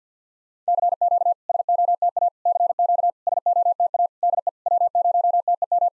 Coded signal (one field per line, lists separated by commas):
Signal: Morse code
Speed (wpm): 50 wpm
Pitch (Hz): 700 Hz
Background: none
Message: CQ SOTA CQ SOTA DE W0TEM